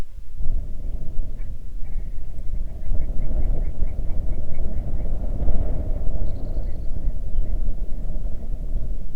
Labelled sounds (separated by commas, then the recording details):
grouse or ptarmigan, wind
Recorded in the Arctic National Wildlife Refuge, Alaska, on 3 June 2019 at 04:51
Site 37